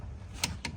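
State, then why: Torque reached. A click-type torque wrench set to 30 foot-pounds is pulled again on the same suspension bolt of a 2018 Ford F-150 during a Rough Country 2-inch leveling kit install, to double-check it. Over a low, steady background hum, the wrench gives two sharp clicks at 0.4 s and 0.7 s, confirming the bolt is torqued.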